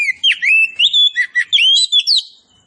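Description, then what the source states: Oriental magpie-robin song of rapid varied whistles, some slurred and some clipped, about ten notes packed into two seconds, then a fade to quiet. Indonesian name kacer poci for this type of magpie-robin; described as gacor, singing actively.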